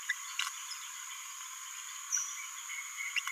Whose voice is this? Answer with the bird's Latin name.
Forpus passerinus